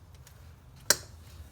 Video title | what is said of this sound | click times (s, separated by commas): DIY: 2013 - 2016 Nissan Pathfinder A/C clutch and Coil replacement | all right you heard it snap all right | 0.9 s